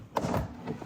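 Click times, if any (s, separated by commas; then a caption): 0.2 s. A plastic trim panel is pushed into place on a car body with its clips lined up, and it snaps home with a single sharp click at 0.2 s. The clips are heard seating, and the panel is confirmed in place.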